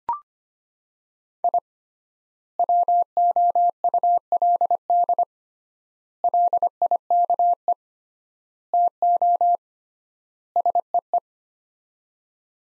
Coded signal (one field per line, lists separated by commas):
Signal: Morse code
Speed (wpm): 25 wpm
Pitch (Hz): 700 Hz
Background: none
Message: I WOULD LIKE TO SEE